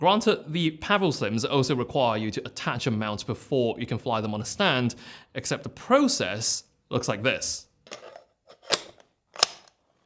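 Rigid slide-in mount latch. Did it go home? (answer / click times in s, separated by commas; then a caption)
yes / 8.7 s, 9.4 s. A stand mount is pushed onto the quick-release slot on the back of a Nanlite Pavoslim LED light panel, which works like a gold-mount battery. Someone talks first, then small handling sounds come before two sharp, loud clicks at 8.7 s and 9.4 s. The mount seats in the panel.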